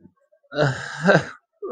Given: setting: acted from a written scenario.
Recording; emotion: vocal sound without words; sadness